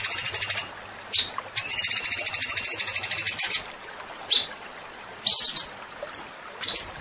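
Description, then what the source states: Zebra finch song of high, rapid, pulsing trills broken by short gaps, with brief scratchy notes and a thin whistle between them. Masteran training recording of a gacor (vigorously singing) tembakan (zebra finch).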